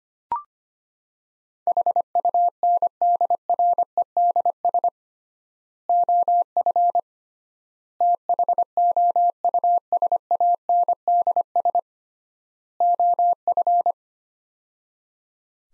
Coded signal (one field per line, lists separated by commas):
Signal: Morse code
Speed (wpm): 25 wpm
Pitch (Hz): 700 Hz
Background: none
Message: HUNDREDS OF THOUSANDS OF